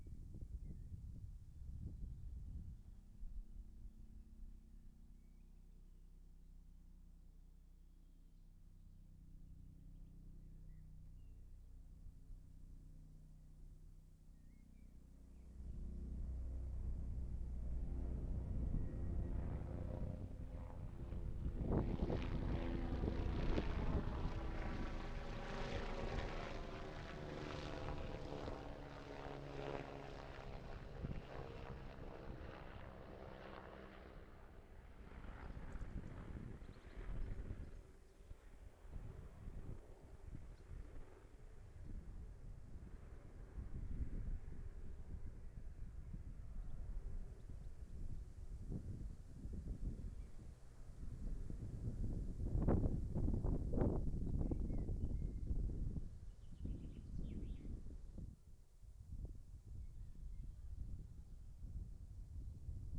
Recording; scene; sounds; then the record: everyday scene through a hearing-aid microphone; wind on the microphone; wind, low-flying plane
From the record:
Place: in front of a rural house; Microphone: behind the ear, left, rear